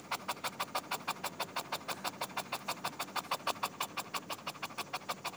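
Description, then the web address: Dog panting fast and evenly throughout, with no other clear sounds. "dogs juan-pablo-escobar-plaza chip"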